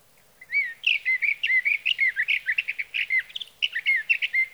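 Sage thrasher singing a continuous, fast run of slurred, warbled notes, some rising and some falling, lasting about four seconds in a quiet background.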